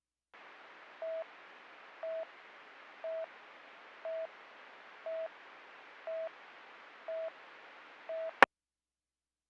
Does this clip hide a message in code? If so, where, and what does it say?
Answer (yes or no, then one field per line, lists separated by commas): no